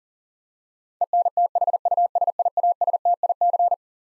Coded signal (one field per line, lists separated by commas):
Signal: Morse code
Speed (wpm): 39 wpm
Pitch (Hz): 700 Hz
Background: none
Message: ENTHUSIASTIC